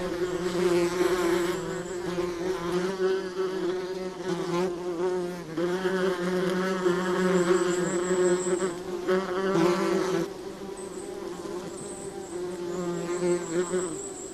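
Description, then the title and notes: Wasp buzzing, a continuous humming drone that swells and fades in waves, with brief high faint tones drifting above it. Social wasps in Finland, a species group with at least 13 species there. "Viikon luontoääni: Ampiainen. Juha Laaksonen"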